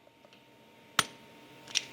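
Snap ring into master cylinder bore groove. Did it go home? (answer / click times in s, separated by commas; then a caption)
yes / 1.0 s. A steel snap ring is pushed with a screwdriver into the groove of a brake master cylinder bore. A sharp, bright metallic snap rings out at 1.0 s, followed by a faint tick earlier at 0.3 s and a second, smaller clink at 1.8 s. The ring is seated in the groove all the way around.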